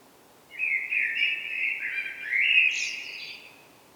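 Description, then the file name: Common blackbird song: a mellow, fluty warbled phrase lasting about three seconds, ending in a higher squeaky twitter. "Turdus merula"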